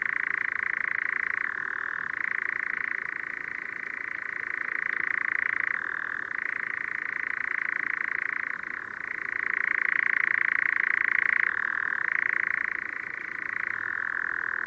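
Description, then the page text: Nightjar churr runs on without a break, a dry rapid purring trill whose pitch switches between higher and lower levels every few seconds. "Tomas Belka - Обыкновенный козодой (Caprimulgus europaeus)"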